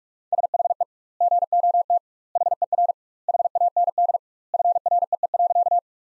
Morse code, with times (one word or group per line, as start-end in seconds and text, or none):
0.3-0.8 SHE
1.2-2.0 GOT
2.4-2.9 HER
3.3-4.2 HAND
4.5-5.8 FREE.